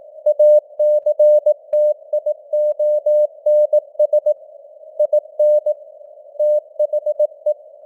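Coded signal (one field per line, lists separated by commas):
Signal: Morse code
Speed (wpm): 18 wpm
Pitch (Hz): 600 Hz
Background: none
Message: ACTIONS IN THE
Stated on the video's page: Simulated Morse news headlines at 18 wpm with simulated radio noise and varying signal strength (QSB).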